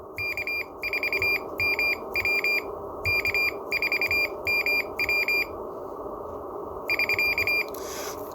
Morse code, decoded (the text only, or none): K4MW K4MW <SK>